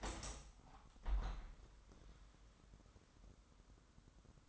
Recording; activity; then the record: daily activity, microphone in the room; open window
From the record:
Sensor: 3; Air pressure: 998.0 hPa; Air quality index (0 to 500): 142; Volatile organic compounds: 4 ppm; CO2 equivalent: 1682 ppm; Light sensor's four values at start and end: 15/42/17/16 and 15/42/17/16